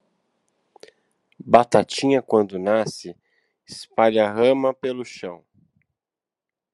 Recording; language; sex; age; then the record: short text; Brazilian Portuguese; male; 30 to 39 years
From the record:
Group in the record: control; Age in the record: 39 years